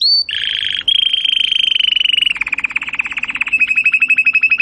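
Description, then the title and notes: Domestic canary song: a high whistled note, then a long trill, then runs of rapid buzzy repeated notes that drop lower and turn into quick evenly spaced chips. Belgian canary singing. "Canário Belga Campainha Canary Singing. Canario Belga Cantando"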